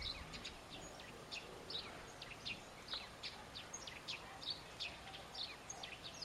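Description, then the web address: Birds chirping busily: sharp, high notes in quick repeated bursts over a light hiss. "cianscape. Deverinetal"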